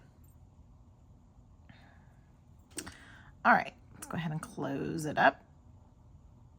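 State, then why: Not seated. A jewelry clasp on a beaded necklace is handled as it is brought to its jump ring to close it up, with faint small handling ticks near 1.7 s and 2.8 s. Someone talks through the second half of the clip. The clasp has not locked yet; nothing has seated or clicked.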